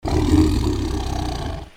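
Lion roar: one deep, rasping roar just under two seconds long, loudest near the start and tapering off at the end.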